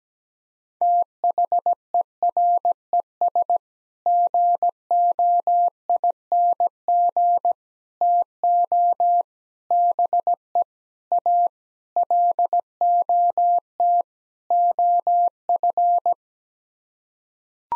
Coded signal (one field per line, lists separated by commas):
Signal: Morse code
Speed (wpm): 17 wpm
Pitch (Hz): 700 Hz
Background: none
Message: THERES GOING TO BE A LOT OF